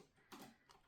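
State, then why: Not seated. The detached plastic top of a drill-style bead storage container is handled against the container body as it is worked back toward its hinge slot, producing a brief plastic clatter around 0.3 s and a short tick at 0.7 s. The top has not seated or clicked into place yet.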